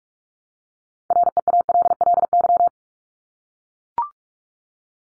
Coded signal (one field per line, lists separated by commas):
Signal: Morse code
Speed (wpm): 44 wpm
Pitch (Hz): 700 Hz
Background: none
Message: REALLY